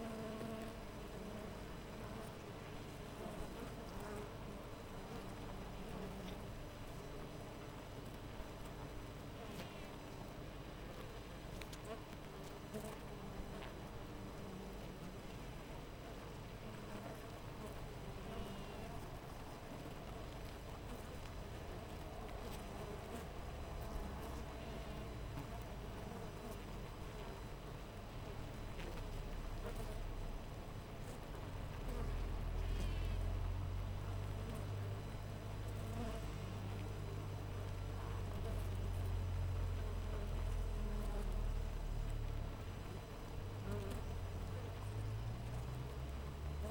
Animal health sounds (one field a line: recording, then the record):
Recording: honeybee colony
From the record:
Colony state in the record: missing queen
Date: 14 July 2017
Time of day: 6:23